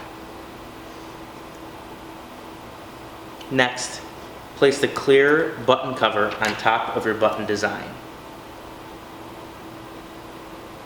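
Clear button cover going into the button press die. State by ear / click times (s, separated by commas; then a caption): not seated / none. A clear plastic button cover is laid over the paper button design in the die of a button press, lined up before the handle is pressed down. Someone talks from about 3.5 to 7.9 seconds over a steady low hum. The handle has not been pressed and nothing has clicked yet.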